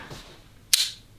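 A cheap metal copy of a multitool is folded, and its handle or tool joint snaps into its lock with a single sharp metallic click at 0.7 s, after a quiet stretch of faint handling. The joint seats fully this time, though it sometimes does not lock completely.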